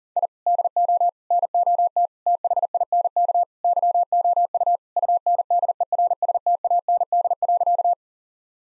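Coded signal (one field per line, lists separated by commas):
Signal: Morse code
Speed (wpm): 40 wpm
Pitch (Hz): 700 Hz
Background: none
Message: I DO NOT THINK YOU UNDERSTAND.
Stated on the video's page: Morse practice at 40 wpm: sentences of common five-word phrases, with the first words spoken, each sentence sent, spoken, then sent again.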